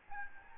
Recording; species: mosquito wingbeat signal from an infrared sensor; Aedes albopictus